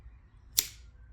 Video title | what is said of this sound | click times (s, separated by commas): Helinox Chair Alternative? PACOONE Ultralight Moon Chair Review (The $35 Budget Hiking Chair) | this one has a double extension and it once again it snaps into place | 0.6 s